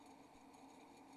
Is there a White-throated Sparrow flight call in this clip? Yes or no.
no